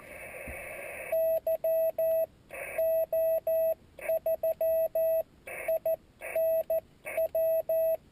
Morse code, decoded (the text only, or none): YO3INW